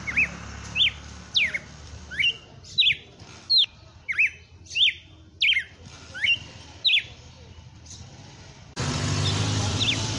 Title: Canto Galo Campina Fêmea. Galo de campina FENRIR no AÇOITE SELVAGEM